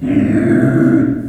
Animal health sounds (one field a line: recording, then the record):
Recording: squeal of a Yucatan mini pig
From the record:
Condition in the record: after surgery on the right vocal fold (resection and tissue-engineered implant)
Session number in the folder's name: 3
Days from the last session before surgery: 21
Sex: female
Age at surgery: 19 weeks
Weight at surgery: 25 kg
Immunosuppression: prednisolone